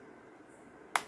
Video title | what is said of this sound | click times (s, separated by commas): How to upgrade RAM in government laptop /Government laptop RAM upgrade/ | ரெண்டு சைடும் நல்லா அமுக்கி விட்டீங்கன்னா சவுண்ட் கேட்கும் அது இப்ப லாக் ஆயிடுச்சு | 1.0 s